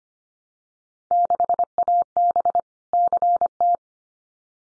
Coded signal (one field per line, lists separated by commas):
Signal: Morse code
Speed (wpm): 25 wpm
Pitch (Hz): 700 Hz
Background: none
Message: 6AB CT